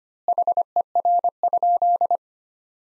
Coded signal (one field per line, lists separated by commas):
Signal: Morse code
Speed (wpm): 25 wpm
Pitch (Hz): 700 Hz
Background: none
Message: HER?